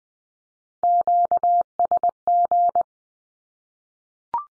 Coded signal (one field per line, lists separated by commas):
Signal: Morse code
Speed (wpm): 20 wpm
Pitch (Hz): 700 Hz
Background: none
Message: QSG